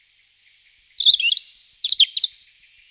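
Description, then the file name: European robin song: a few soft high notes lead into a sustained thin whistle with sliding, twisting notes and a bright ending flourish. Song, recorded in 2004. "roche 2004 rotkehlchen"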